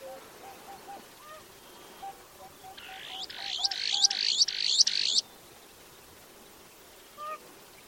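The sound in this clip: Bird calls: a run of six harsh, buzzy notes in quick succession, with soft whistled notes before and after over a steady background hiss.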